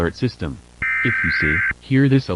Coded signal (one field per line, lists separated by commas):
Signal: Emergency Alert System (SAME) tones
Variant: header bursts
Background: speech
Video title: SCP EAS 001 WDB.mp4